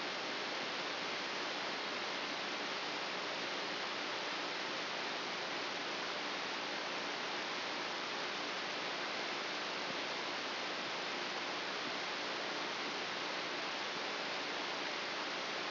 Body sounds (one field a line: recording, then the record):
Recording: brain microelectrode recording played as sound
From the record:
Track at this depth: inside the subthalamic nucleus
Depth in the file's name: 4.502 mm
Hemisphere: left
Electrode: 2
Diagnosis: Parkinson's disease